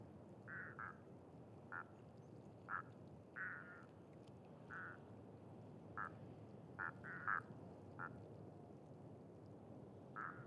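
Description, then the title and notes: Duck calls, a loose run of short nasal notes, some paired, scattered through the recording over a continuous low hum. Ducks with unusual calls on a pond beside a site staging scarecrows in rather gory scenes; recorded with Sonosax SXM2D2, iPhone, MS mkh30/40 in Cinela PIA2. "Canards et Chants des Sirènes. Séquence magiques de canards aux chants particulier! Cet étang est à côté d'un site très particulier qui met en scène des épouvantails dans des scènes. . plutôt gore!"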